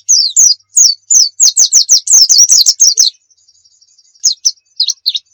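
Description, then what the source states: White-eye song: lively run of high, slurred chirps for about three seconds, then a few scattered chirps. Pleci of the Muria type, recorded as a masteran, a tutor recording of song for cage birds.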